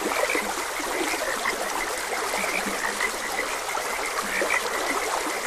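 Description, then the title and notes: Frog croaks come in short low pulses and faint higher chirps, partly buried in continuous babbling stream water. Frogs croaking beside a gentle stream. "Gentle Stream and Frogs Croaking. Sleep and Relaxation Podcast"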